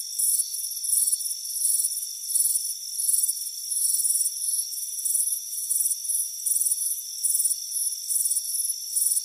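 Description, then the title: Rapid cricket chirps pulse steadily at high pitch above an even, unbroken insect hum. Chirping crickets on a warm afternoon, heard from a front porch. "Soothing Crickets Chirping Sound"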